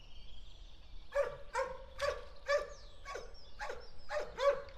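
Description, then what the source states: Dog barking, a steady series of sharp barks roughly every half second after a quiet start, with faint low background hum. Dogs recorded together with a car.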